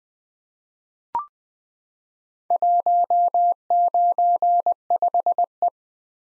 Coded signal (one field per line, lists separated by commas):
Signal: Morse code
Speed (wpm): 20 wpm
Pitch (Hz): 700 Hz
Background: none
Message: 195E